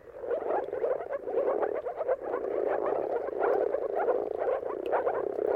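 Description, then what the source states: Moor frog chorus, dense soft gurgling calls overlapping continuously. Mating calls of moor frogs at sunrise, at the turn of March and April, timing depending on weather.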